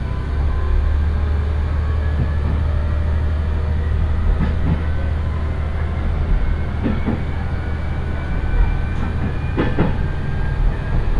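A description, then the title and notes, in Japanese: Inside a one-car rail bus, a steady low engine drone and wheel rumble run throughout, with faint clicks of rail joints every few seconds. 伊勢鉄道 四日市→津。四日市から河原田までの2駅はＪＲ区間に乗り入れ、あとは伊勢鉄道内を走ります。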